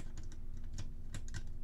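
The right-side plastic shell half of a Tiberius T15 paintball magazine is pressed down over the spring and internals during reassembly until it lines up. Several small plastic clicks are heard, with the shell half clicking into place at 1.3 s. It is seated flush on the magazine body with the ratchet visible.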